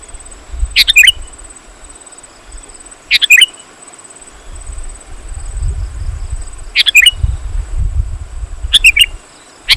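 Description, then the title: Sooty-headed bulbul delivering several short bubbly phrases at uneven intervals while low rumbling noise rises and falls underneath. "kutilang"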